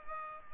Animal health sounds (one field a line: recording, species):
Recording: mosquito wingbeat signal from an infrared sensor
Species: Culex pipiens